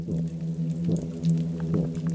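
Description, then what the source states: Plainfin midshipman fish: a steady, deep droning hum with rich overtones, plus a few soft bursts. Male's hum advertisement call, made with the swim bladder from a nest under a rocky shelter to attract females; recorded at night with a hydrophone.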